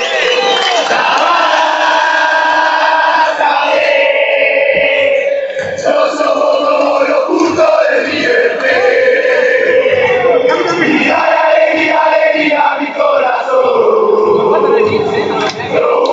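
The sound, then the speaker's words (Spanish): A packed football stadium crowd at La Bombonera chants loudly and without pause, thousands of voices singing together in a rising and falling melody that holds steady for the whole stretch. “Bueno, y vámonos a la Bombonera para que vean cómo se escucha. Se escucha más o menos así.”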